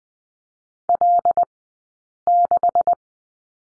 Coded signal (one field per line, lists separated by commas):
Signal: Morse code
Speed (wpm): 20 wpm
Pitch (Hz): 700 Hz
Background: none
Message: L6